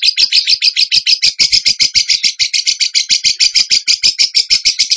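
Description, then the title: Bird song: a fast, buzzy trill of rapid pulses, running without a break throughout. Masteran training recording of bird song in the tembakan gacor style. "Masteran Burung Tembakan Gacor"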